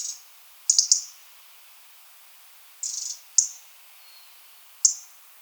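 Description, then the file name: European robin calls: high ticking notes, some doubled or tripled, plus a short buzzy note, spaced a second or two apart. "Erithacus rubecula"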